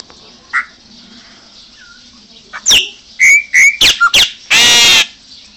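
Chopi Blackbird song: a soft note, then a loud sequence of sharp whistles and clipped notes ending in a long harsh, rasping burst.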